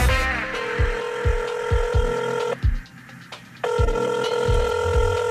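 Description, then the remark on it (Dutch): A telephone rings in two long, steady electronic bursts separated by a short pause, with a rhythmic low thumping beat running underneath. “Dit geluid is steeds minder vaak te horen in Nederland, want het aantal belminuten is flink gedaald.”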